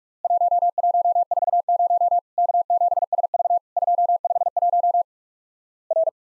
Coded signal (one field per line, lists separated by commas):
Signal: Morse code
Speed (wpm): 46 wpm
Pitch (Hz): 700 Hz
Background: none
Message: 1140 K7SV 251 R